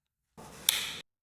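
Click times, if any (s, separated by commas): 0.7 s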